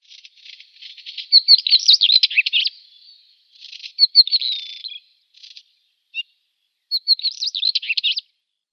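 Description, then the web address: Northern Wheatear song: short scratchy, crackling warbled phrases of high chattering notes, several bursts separated by brief pauses, with a few isolated clicks between. "Schulze Peter Northern Wheatear song"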